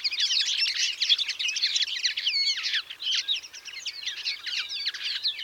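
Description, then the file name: European greenfinch twittering, a busy run of quick chirps with a few clear swooping notes standing out midway. "Chloris chloris"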